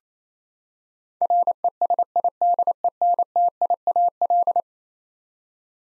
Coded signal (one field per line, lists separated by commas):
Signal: Morse code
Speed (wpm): 28 wpm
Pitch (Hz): 700 Hz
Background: none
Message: RESIDENTIAL